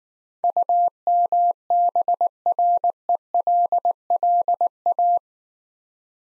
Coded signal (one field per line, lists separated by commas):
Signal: Morse code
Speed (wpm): 19 wpm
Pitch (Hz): 700 Hz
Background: none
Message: UMBRELLA